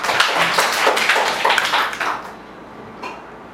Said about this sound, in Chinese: 我们给神一个掌声好吗？